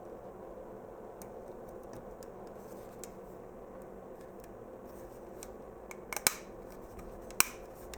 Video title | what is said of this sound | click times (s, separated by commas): Fluke 87 Display Repair (PWJ187) | Make sure everything has clicked in place. Yeah, | 6.3 s, 7.4 s